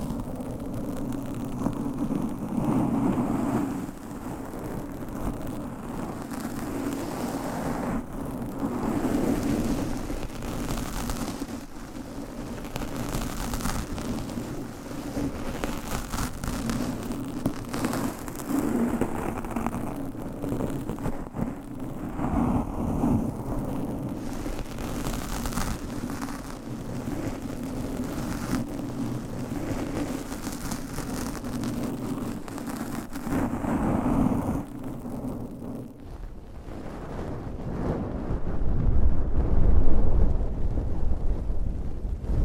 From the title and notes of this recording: ASMR Mic Scratching , Massage , Brushing & Tapping Hypnotic Asmr No Talking.